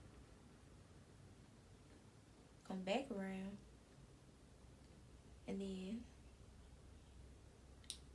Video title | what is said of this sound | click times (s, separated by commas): How to make scrunchies #DIY #SewingProject #Scrunchies | You heard that little click. | 7.9 s